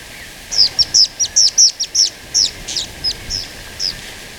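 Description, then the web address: Many-striped canastero singing a run of high, clipped notes that start in a quick series, then slow and weaken, with a soft hiss underneath. Recorded in Ecuador. "Birds of Ecuador 2. Many-Striped Canastero"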